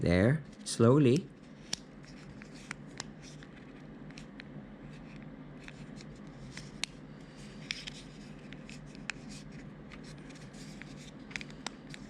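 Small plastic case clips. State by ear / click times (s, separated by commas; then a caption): seated / 1.7 s, 6.8 s, 7.7 s, 9.1 s, 11.4 s, 11.7 s. Someone talks briefly at the start while squeezing the two halves of a Nissan key fob's plastic case closed around its edge after replacing the battery. Sharp clicks ring out at 1.7, 6.8, 7.7, 9.1, 11.4 and 11.7 seconds as the clips engage over a low steady hum. The case snaps fully home.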